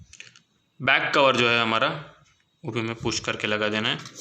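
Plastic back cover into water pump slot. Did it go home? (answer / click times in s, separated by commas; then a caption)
no / none. The plastic back cover of a Bajaj Frio air cooler's water pump is handled and pushed toward its slot, with a few faint light clicks in the first 0.4 seconds, followed by someone talking. Nothing has seated or clicked into place yet.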